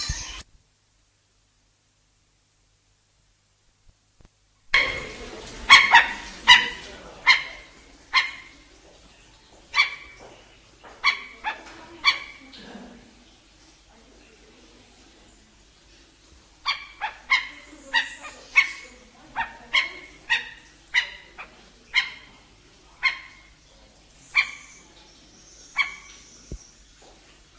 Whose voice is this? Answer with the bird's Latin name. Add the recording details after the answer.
Himantopus mexicanus. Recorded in captivity. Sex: group. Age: adult. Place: Zoo Berlin, Berlin, DE. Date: 2008-01-03 15:10. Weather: overcast, -3°C. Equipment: Sony WM-D6C, Sennheiser ME 80, Kopie Uher 4000 Report Monitor. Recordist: Tembrock, Günter. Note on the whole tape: Rufe in Gruppe